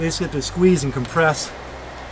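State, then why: Not seated. A plastic screw cap cover is being squeezed and compressed by the fingers onto a storm door rain cap while someone talks over a faint steady low hum. The cap has not locked in yet, and no click is heard.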